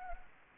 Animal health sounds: mosquito wingbeat signal from an infrared sensor; Anopheles gambiae

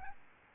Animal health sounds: mosquito wingbeat signal from an infrared sensor; Aedes albopictus

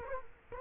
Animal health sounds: mosquito wingbeat signal from an infrared sensor; Culex quinquefasciatus

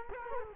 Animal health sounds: mosquito wingbeat signal from an infrared sensor; Culex quinquefasciatus

